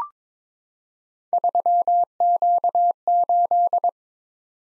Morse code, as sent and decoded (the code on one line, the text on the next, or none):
...-- --.- ---..
3Q8